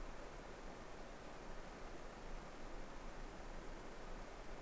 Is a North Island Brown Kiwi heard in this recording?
no